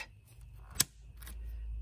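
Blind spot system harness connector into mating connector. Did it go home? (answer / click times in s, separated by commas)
yes / 0.8 s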